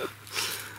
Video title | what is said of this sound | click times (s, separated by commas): HOW TO KEEP RACCOONS OUT OF COYOTE TRAPS!!! | I don't guess I got all the wax off the deck on dog cuz I never heard it click the night latch is clean it just ain't | none